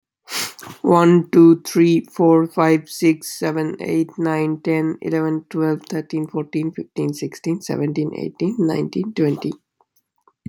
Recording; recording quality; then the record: counting at a normal pace; excellent, no background noise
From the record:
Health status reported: healthy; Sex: male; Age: 26 years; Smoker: yes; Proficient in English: yes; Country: United States